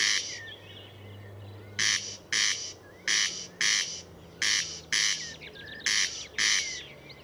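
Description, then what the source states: Corn crake giving harsh, rasping double calls, with thin whistles from other birds and a low hum underneath. Recorded at Murnauer Moos, Germany, on 29 May 2014.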